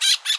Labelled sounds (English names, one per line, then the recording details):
Brown-throated Parakeet contact call
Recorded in Bonaire
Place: 1 km N of power plant, rd to Republiek
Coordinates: 12.184, -68.285